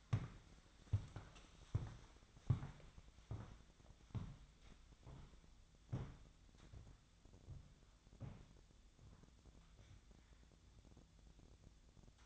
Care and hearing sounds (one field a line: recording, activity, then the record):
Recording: daily activity, microphone in the room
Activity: walk to room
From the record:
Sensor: 3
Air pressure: 999.9 hPa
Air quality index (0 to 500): 118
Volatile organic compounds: 2 ppm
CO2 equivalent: 1064 ppm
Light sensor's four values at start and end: 38/92/41/45 and 40/97/43/47